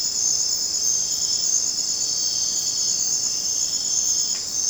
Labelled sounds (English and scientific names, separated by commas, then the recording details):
none
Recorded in dense forest near Puerto Asís, Putumayo, Colombia, on 23 June 2025 at 23:00
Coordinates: 0.484, -76.317
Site G045